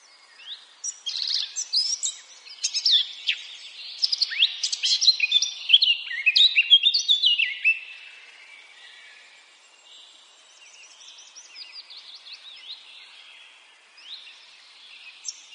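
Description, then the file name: Eurasian blackcap song: a loud, tumbling warble of jumbled notes for several seconds, then fainter twittering trailing off. "Sylvia atricapilla"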